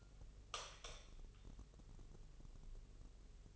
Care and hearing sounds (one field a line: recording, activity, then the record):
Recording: daily activity, microphone in the room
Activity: light on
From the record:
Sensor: 4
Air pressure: 996.1 hPa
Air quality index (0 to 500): 62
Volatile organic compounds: 2 ppm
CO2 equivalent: 1102 ppm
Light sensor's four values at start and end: 15/33/13/13 and 17/45/17/18